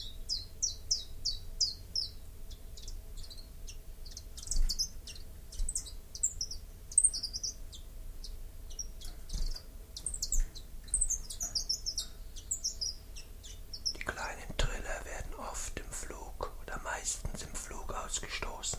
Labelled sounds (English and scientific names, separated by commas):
Common Chiffchaff (Phylloscopus collybita) song